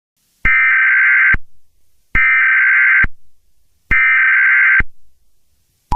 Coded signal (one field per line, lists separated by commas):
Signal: Emergency Alert System (SAME) tones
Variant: header bursts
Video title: EAS Nuke Alert Test [Reupload]